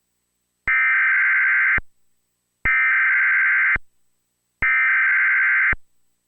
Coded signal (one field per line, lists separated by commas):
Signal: Emergency Alert System (SAME) tones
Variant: header bursts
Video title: EAS # 53 - PDS Tornado Warning for Hendersonville TN